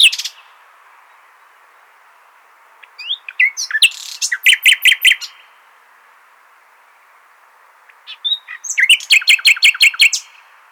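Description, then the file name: Common nightingale song: two bursts of varied phrases, each ending in rapid repeated clicking notes, separated by a few seconds of quiet. "Luscinia megarhynchos"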